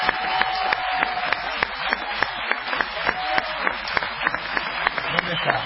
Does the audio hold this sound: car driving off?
no